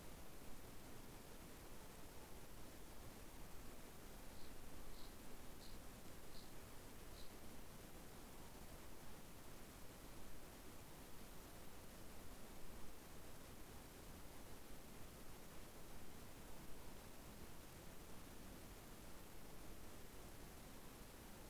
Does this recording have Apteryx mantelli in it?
no